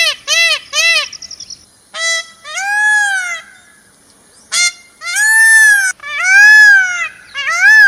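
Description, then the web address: Myna giving loud, rich, arching squawks, some short and doubled, others long and drawn out, with brief pauses between bursts. "animal-sound myna-sound"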